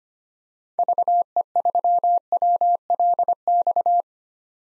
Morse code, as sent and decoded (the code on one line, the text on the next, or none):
...- . ...-- .-- .-.. -..-
VE3WLX